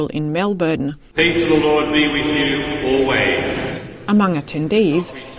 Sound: sound of service and prayers